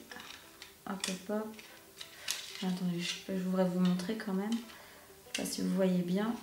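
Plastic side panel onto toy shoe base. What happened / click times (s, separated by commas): The plastic side piece is being handled but has not clicked into place yet / none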